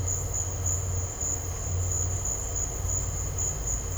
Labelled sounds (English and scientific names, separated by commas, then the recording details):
none
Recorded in dense forest near Puerto Asís, Putumayo, Colombia, on 9 March 2025 at 15:30
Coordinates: 0.468, -76.322
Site GP01